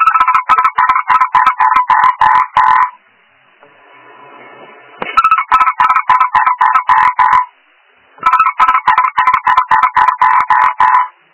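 Frog croaking in rapid trains of harsh pulses, bursts of about two and a half to three seconds, separated by quiet gaps of about two seconds and under one second, three bursts in all.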